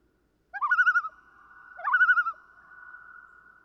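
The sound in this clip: Common loon, two calls in close succession, each beginning with a rising slur and dissolving into a rapid, pulsing tremolo.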